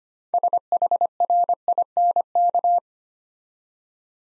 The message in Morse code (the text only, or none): SHRINK